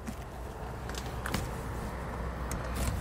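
The two halves of a Dura Grip soft rubber RV handrail grip, a replacement for an old foam grip, are lined up by their tabs and pushed together around an RV entry handrail. Sharp clicks at 1.3 s and 1.3 s mark the halves snapping together over a steady low rumble. The grip is seated on the handrail.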